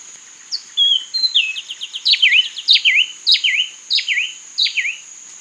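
Bird calls: thin whistled notes followed by a sharp two-part note repeated several times, against a constant high-pitched whine.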